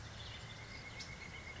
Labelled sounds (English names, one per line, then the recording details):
Pileated Woodpecker
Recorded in Sonoma County, California